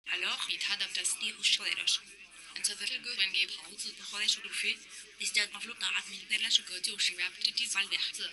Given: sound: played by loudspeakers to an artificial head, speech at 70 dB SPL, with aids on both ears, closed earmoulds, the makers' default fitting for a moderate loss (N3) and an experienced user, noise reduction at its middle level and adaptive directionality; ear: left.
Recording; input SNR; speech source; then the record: speech test signal (ISTS) in cocktail-party noise; +6 dB; in front (0 degrees)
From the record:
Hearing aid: class 2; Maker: J